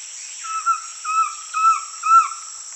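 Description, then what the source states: Collared trogon song: four or five soft, mellow, slightly down-slurred notes, each with a faint higher overtone, repeated about every half second over a steady high hiss. Recorded in Peru.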